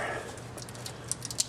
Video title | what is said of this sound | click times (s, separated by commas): Water Pump Install - 1996 Chevrolet Impala SS - Bone Stock Engine | make sure you get at least two clicks on each one | 1.1 s, 1.4 s